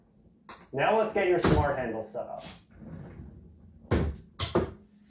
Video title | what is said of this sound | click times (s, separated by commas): Tonal Gym Review: Initial Strength Calibration! | now release the buttons to lock in place | 0.5 s